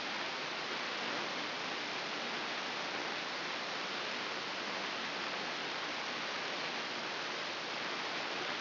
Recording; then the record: brain microelectrode recording played as sound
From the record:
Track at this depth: inside the subthalamic nucleus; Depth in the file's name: 6.707 mm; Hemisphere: left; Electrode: 3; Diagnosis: Parkinson's disease